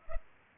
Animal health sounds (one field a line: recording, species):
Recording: mosquito wingbeat signal from an infrared sensor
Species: Culex pipiens